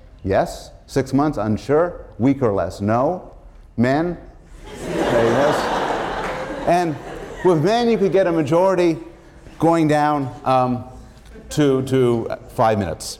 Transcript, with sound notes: yes, six months — unsure, week or less — no. Men — [laughter] and with men you could get a majority going to five minutes.